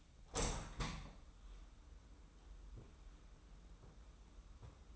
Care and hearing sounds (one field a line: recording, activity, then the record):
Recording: daily activity, microphone in the room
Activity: open window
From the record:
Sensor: 1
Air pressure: 994.4 hPa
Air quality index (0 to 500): 214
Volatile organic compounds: 1000 ppm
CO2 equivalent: 7696 ppm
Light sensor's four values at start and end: 74/160/72/76 and 73/160/72/77